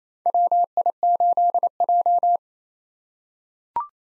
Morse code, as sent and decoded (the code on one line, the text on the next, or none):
.-- .. ---.. .---
WI8J